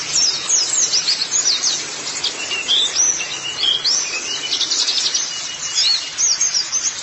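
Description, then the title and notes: White-eye song, rapid high twitters mixed with thin rising and falling whistles, delivered in quick phrases over a steady hiss. Pleci song. "Kicauan Burung Pleci Durasi Panjang. Suara kicauan burung pleci"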